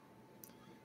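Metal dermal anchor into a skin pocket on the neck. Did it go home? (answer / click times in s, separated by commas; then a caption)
yes / 0.4 s. A metal dermal anchor, set with a tool, seats into a skin pocket on the side of the neck for a vampire-bite piercing. A small, sharp click with a bright high-frequency burst is heard at 0.4 s over a steady low background hum. The dermal top clicks into the anchor and is seated.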